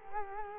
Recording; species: mosquito wingbeat signal from an infrared sensor; Culex quinquefasciatus